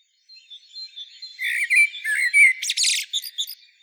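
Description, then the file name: Common blackbird giving a short phrase of rich whistled notes followed by a harsh, squeaky high flourish. "Turdus merula"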